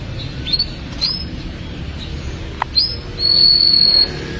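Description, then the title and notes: Canary song: a few scattered thin chirps and swept notes, ending in a steady, piercing high whistle held for nearly a second. "BM Suara Kenari. BM Suara Burung Kenari"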